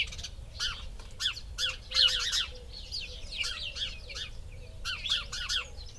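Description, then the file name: House sparrow cheeps, quick runs of repeated chirps with brief pauses, some squawky notes mixed in, and a low hum underneath. "Passer domesticus"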